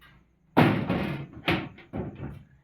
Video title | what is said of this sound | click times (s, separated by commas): చిన్న చిన్న ఇంట్లో వర్క్ చేయడం వలన కొంత మనీ సేవ్ అవుతాయి. మిగిలిన మని ఇంకొక దానికి ఉపయోగం ఉంటుంది🙏🙏 | చూపించా అలాగే ఉంచు ఇందాక లాక్ పడలేదు కదా ఇదిగోండి | 1.5 s